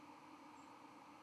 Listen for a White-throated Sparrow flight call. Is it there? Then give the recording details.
yes. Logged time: 09:11 on 31 October 2014